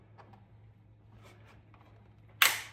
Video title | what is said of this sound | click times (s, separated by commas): 034 Super Duper Intake Install on Audi RS5 (B9.5/9) | too that was a nice click and then we'll tighten up | 2.4 s